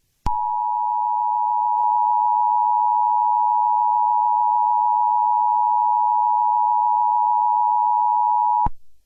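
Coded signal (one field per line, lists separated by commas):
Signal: Emergency Alert System (SAME) tones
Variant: 853 and 960 Hz attention tone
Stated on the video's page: Fan-made EAS scenario, a mock alert.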